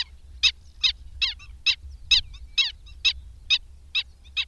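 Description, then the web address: Black-winged stilt giving rough, yelping kek calls at a steady pace of roughly two per second, each note slightly grating. "Madardalok Cd 3. Gólyatöcs"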